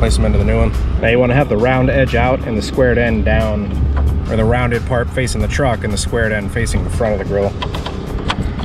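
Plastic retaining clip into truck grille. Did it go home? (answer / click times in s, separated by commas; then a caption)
yes / 8.3 s. Someone talks over background music while a plastic retaining clip, moved over from the old grille, is pushed into the new grille of a Toyota Tacoma TRD Pro truck, rounded edge facing the truck and squared end facing the front of the grille. A short, sharp snap at 8.3 s marks the clip seating in the grille.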